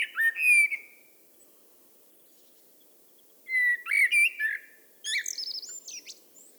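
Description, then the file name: Eurasian blackbird song: a low, fluted warbled phrase, a pause of about three seconds, a second mellow phrase, then a high, squeaky twittering flourish; background otherwise quiet. "Turdus merula"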